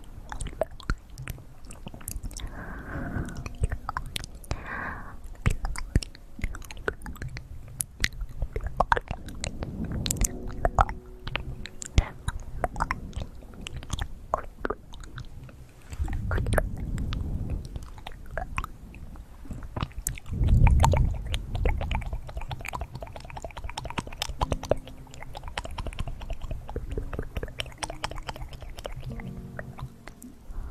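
Fast mouth sounds fill the clip: dense, rapid clicks, smacks and wet chewing noises crackle almost continuously. Low muffled bursts swell around 3, 10, 16 and 21 seconds, with brief whispered or breathy moments scattered between the quick, sharp clicks.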